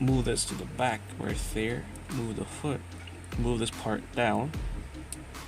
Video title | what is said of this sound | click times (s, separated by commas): Rise of The Beasts 100 Bumblebee Review!!! (Transformers) Amazing Figures! | It locks into place. | 5.1 s